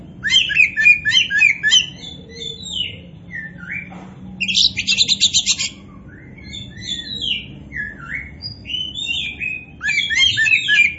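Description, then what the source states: Oriental magpie-robin song: varied whistles, buzzes and rapid chirps, including a harsh rasping burst midway, with low hum underneath. Kacer poci form; described as gacor, an Indonesian term for a bird singing actively and constantly.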